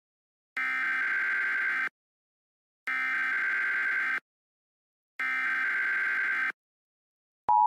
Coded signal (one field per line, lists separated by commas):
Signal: Emergency Alert System (SAME) tones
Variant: header bursts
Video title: EAS Mock #35 || Unidentified Rocks